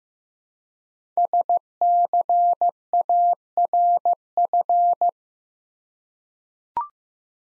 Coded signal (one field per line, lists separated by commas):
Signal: Morse code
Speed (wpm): 15 wpm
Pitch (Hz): 700 Hz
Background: none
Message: SCARF